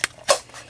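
A plastic belt-and-leg piece for a Marvel Mr. Potato Head Iron Man figure is slid onto the body's peg and pushed home, giving a single sharp click at 0.04 s. A longer, noisier burst follows around 0.3 s and then fades. The piece seats onto the peg.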